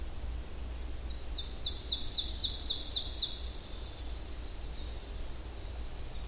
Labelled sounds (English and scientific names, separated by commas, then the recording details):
Ovenbird (Seiurus aurocapilla) song
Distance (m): 35 m
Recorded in boreal forest in Alberta, Canada, on 25 June 2016 at 07:54
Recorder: SongMeter 3, array SBT-6-76
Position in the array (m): 155 m, 101 m
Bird 3